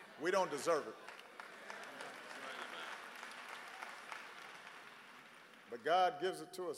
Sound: applause

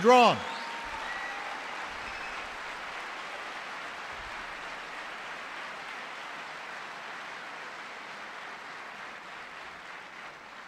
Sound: applause

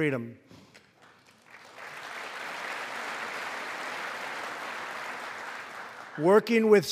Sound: applause

